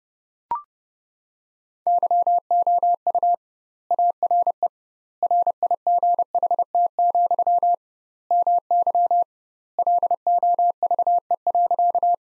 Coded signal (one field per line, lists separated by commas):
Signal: Morse code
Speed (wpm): 32 wpm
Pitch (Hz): 700 Hz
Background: none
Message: YOU ARE RIGHT, MY LOVE.